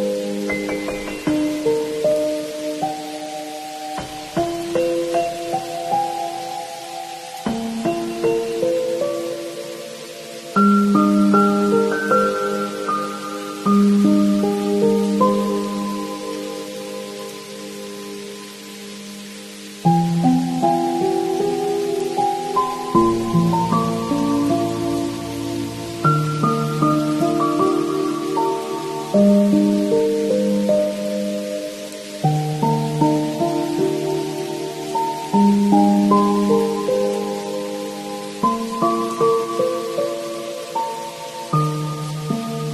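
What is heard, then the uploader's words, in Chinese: Soft piano music plays over a steady hiss of rain. Chords and short melodic phrases are struck every few seconds in a mellow middle register, each ringing out and fading, with fuller passages from about 11 and 20 seconds. The rain stays constant throughout. 下雨声 钢琴曲。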